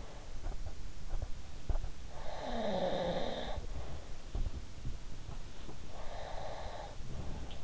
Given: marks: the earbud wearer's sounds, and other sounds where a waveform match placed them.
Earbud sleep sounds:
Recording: sounds in sleep by an in-ear microphone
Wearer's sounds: snoring breath, breath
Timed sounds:
0.25-1.85 s: sound from someone else or the room
2.15-4.24 s: snoring breath
3.46-5.77 s: sound from someone else or the room
5.93-7.57 s: breath

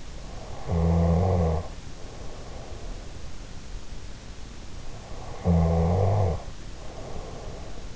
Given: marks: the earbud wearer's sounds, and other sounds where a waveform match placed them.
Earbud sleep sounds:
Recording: sounds in sleep by an in-ear microphone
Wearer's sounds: snoring breath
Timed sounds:
0.50-3.31 s: snoring breath
5.12-7.96 s: snoring breath

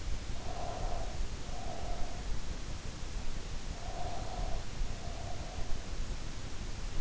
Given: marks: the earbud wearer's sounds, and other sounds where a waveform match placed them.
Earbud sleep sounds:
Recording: sounds in sleep by an in-ear microphone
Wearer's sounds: breath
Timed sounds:
0.15-2.39 s: breath
3.41-5.72 s: breath

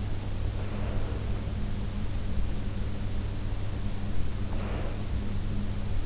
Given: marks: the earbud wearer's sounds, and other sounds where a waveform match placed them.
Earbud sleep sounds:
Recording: sounds in sleep by an in-ear microphone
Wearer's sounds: breath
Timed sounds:
0.20-2.08 s: breath
4.28-6.06 s: breath

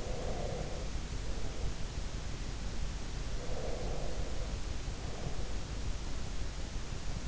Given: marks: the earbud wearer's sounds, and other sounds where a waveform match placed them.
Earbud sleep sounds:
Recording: sounds in sleep by an in-ear microphone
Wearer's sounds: breath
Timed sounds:
0.00-2.27 s: breath
3.18-5.85 s: breath

